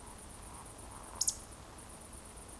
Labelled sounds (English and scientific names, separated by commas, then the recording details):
Eurasian Woodcock (Scolopax rusticola) whistle, Eurasian Woodcock (Scolopax rusticola) croak
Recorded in Baden-Württemberg, Germany, on 24 June 2020 at 20:20 UTC
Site 14569, 102 m above sea level